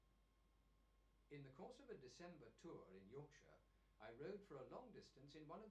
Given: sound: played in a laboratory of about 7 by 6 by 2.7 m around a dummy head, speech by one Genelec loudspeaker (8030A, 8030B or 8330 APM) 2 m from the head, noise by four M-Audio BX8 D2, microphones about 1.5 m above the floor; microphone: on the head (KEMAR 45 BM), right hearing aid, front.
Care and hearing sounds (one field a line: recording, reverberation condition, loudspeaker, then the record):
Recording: male speech in English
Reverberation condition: low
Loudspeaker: 90 degrees to the left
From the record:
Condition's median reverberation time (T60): about 310 ms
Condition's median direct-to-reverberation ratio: about 3.5 dB